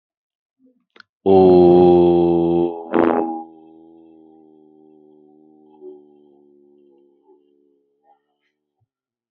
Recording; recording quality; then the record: sustained vowel as in boot; moderate, slight background noise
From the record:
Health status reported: respiratory illness, not identified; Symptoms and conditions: cough, breathing difficulty, sore throat, diabetes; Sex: male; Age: 30 years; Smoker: not ticked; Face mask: not worn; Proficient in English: no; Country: India